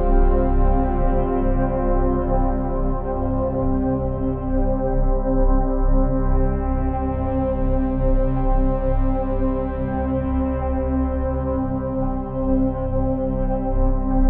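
Peaceful sustained chords hold steady throughout, with a low hum running underneath. The brighter upper tones slowly fade back around the sixth second, then swell again toward the ninth before easing off. The loudness stays even, with no separate events.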